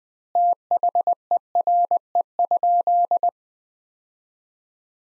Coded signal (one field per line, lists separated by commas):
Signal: Morse code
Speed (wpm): 20 wpm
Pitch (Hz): 700 Hz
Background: none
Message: THERE?